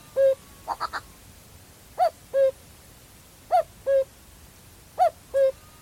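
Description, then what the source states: Common Cuckoo repeating its falling two-note call roughly every one and a half seconds, with a short rapid stuttering burst of notes near the start. Male cuckoo, a summer migrant; recorded on a lowland heath in Staffordshire.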